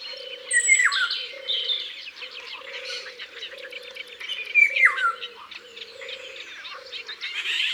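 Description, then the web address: Eurasian golden oriole song, two fluty descending whistled phrases near the start and midway, over a busy chorus of twittering birds and a regular low pulsed tone. "Loriot-d Europe. abc de la nature"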